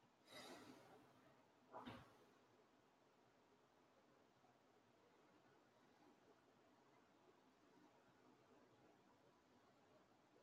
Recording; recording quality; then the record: shallow breathing; moderate, slight background noise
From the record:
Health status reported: healthy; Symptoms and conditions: none ticked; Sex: male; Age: 34 years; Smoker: not ticked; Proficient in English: yes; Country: India